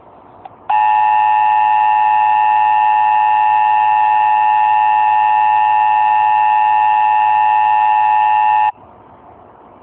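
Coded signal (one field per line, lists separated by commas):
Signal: Emergency Alert System (SAME) tones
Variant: 853 and 960 Hz attention tone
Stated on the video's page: Mock EAS alert, not a real alert.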